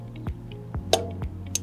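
A split beam torque wrench tightens a trailer wheel lug nut at the first 25 ft-lb step, with a steady low hum and several soft ticks in the background. The wrench gives a sharp click at 0.9 s when it reaches its setting, confirming the torque, and another bright transient follows near 1.6 s.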